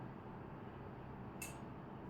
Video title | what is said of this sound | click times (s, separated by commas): Types of Blood Vessels - Artery and Veins - Blood Pressure - Hypertension High Blood Pressure - NEET | आया आवाज? आया। | 1.4 s